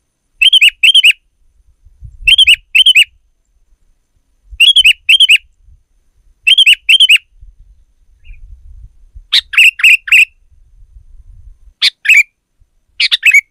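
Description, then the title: Sooty-headed bulbul song: short bubbly phrases of two or three fluty notes, repeated every couple of seconds, over a faint low rumble. "kutilang"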